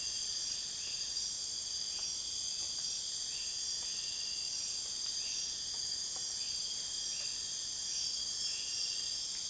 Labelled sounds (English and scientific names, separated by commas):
none